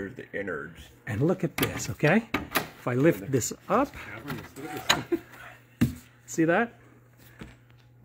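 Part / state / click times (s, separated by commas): wing latch in RC airplane fuselage / released / 5.8 s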